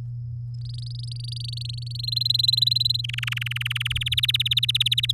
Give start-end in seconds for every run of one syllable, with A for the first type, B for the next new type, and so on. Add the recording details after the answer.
0.61-1.97 A, 1.99-3.01 B, 3.04-3.92 C, 3.95-5.12 D. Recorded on 7 May 2018 at 17:09. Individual llb16